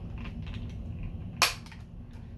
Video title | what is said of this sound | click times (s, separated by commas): Pioneer DMH 2660NEX for Toyota Tacoma 😃👍🎶 pt 24 | There, it clicked in. | 1.4 s